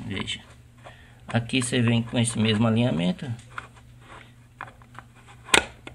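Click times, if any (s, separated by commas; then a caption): 5.5 s. The plastic cover holding the heating element of a Lorenzetti Versátil Giratória electric faucet is lined up with its reference mark, pushed onto the faucet body and twisted. Someone talks, then several small clicks follow before a sharp click at 5.5 s as the cover locks in place, fitting just right.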